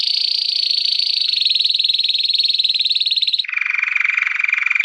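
Canary singing a sustained high, pulsing trill for over three seconds, then dropping suddenly into a lower trill.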